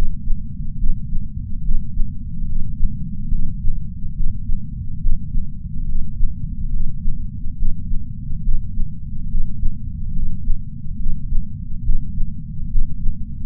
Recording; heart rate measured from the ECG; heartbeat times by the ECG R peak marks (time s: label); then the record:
heart sounds by patch sensor on the chest; 70 bpm
0.77 s: heartbeat
1.62 s: heartbeat
2.46 s: heartbeat
3.29 s: heartbeat
4.14 s: heartbeat
5.00 s: heartbeat
5.86 s: heartbeat
6.71 s: heartbeat
7.56 s: heartbeat
8.42 s: heartbeat
9.28 s: heartbeat
10.13 s: heartbeat
10.97 s: heartbeat
11.82 s: heartbeat
12.69 s: heartbeat
From the record:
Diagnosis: coronary artery disease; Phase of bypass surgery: preoperative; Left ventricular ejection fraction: 60.7%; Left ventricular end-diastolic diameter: 49 mm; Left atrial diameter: 38 mm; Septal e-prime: 7.7 cm/s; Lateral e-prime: 8.9 cm/s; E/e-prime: 8.7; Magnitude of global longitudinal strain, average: 16.3%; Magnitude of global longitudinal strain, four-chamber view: 16.1%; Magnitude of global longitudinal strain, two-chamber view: 16.3%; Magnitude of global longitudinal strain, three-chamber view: 16.5%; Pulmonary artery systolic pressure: 21 mmHg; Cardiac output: 4.8 L/min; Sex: male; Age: 58 years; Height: 170 cm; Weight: 80 kg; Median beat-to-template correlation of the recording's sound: 0.88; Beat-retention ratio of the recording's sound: 1.00